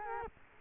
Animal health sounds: mosquito wingbeat signal from an infrared sensor; Culex quinquefasciatus

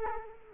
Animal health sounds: mosquito wingbeat signal from an infrared sensor; Culex quinquefasciatus

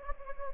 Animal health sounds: mosquito wingbeat signal from an infrared sensor; Anopheles gambiae

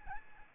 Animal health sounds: mosquito wingbeat signal from an infrared sensor; Aedes albopictus

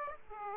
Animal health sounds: mosquito wingbeat signal from an infrared sensor; Aedes aegypti

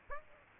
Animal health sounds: mosquito wingbeat signal from an infrared sensor; Aedes aegypti

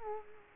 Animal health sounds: mosquito wingbeat signal from an infrared sensor; Culex quinquefasciatus

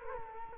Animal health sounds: mosquito wingbeat signal from an infrared sensor; Culex quinquefasciatus

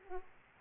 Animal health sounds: mosquito wingbeat signal from an infrared sensor; Aedes aegypti

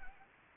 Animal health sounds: mosquito wingbeat signal from an infrared sensor; Anopheles gambiae

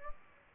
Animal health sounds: mosquito wingbeat signal from an infrared sensor; Aedes aegypti

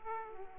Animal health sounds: mosquito wingbeat signal from an infrared sensor; Aedes aegypti

